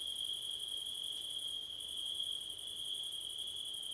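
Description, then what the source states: Crickets in a steady continuous chorus, a high sustained trill with a second shimmering pulsed band above it. Crickets at night in September, with wind; recorded with a Blumlein stereo microphone pair.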